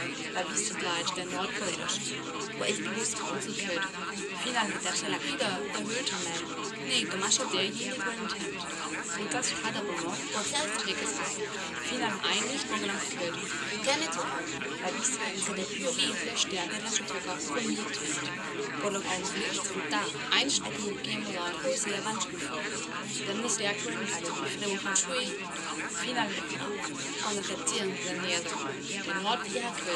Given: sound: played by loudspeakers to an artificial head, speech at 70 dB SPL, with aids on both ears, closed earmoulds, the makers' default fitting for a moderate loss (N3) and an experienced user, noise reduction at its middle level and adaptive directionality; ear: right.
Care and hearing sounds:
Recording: speech test signal (ISTS) in cocktail-party noise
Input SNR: -6 dB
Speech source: on the right (90 degrees)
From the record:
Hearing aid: class 2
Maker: E

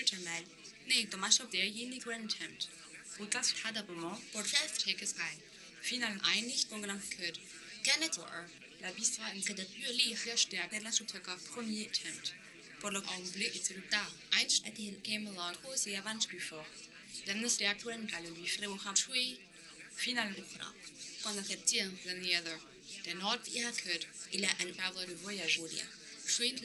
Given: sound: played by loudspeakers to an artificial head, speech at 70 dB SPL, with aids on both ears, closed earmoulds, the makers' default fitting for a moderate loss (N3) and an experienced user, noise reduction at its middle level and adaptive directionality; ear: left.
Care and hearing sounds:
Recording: speech test signal (ISTS) in cocktail-party noise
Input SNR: +9 dB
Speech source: in front (0 degrees)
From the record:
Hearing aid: class 1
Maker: H

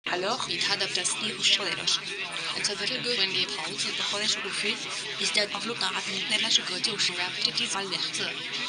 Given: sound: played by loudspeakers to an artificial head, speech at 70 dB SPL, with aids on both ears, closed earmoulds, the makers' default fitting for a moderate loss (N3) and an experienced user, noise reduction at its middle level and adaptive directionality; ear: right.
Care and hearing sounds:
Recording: speech test signal (ISTS) in cocktail-party noise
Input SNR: 0 dB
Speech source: on the right (90 degrees)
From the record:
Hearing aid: class 2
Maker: A

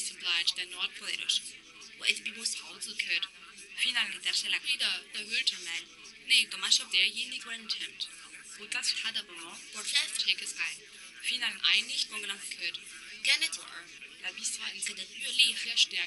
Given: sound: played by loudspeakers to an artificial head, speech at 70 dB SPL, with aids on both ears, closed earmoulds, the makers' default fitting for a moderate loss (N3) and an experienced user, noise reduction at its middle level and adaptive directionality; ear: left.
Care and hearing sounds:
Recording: speech test signal (ISTS) in cocktail-party noise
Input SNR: +3 dB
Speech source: in front (0 degrees)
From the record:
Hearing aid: class 2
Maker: J

